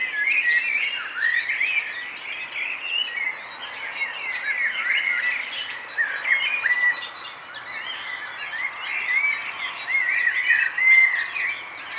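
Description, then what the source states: Birds singing in a dense chorus, overlapping whistles and chirps around a steady band of warbled notes, with quick high trills layered above throughout. Morning bird chorus at Nonnenhorn, 10 May 2009, 04:24.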